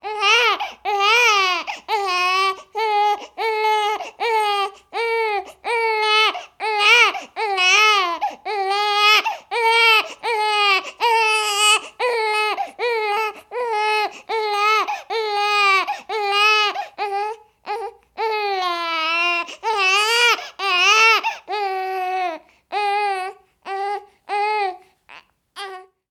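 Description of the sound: A human baby cries in steady, high-pitched wails, about 74 bursts a minute, each separated by a short breath. The voice is clear and tonal, with rising and falling pitch and some strained peaks. This is ordinary infant crying.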